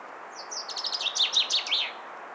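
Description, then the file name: Common chaffinch song: one full phrase of quick, bright notes tumbling downward in pitch and ending in a short flourish. "Fringilla coelebs"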